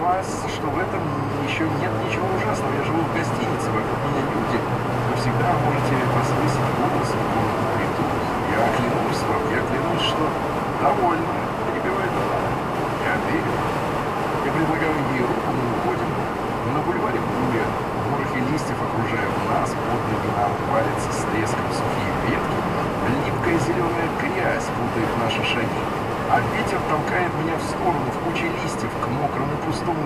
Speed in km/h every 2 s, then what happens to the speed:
77, 85, 90, 98, 98, 94, 94, 94, 92, 90, 92, 94, 94, 94, 92.
0-6 speeds up to 98. 6-17 slows to 90. 17-27 steady at about 94.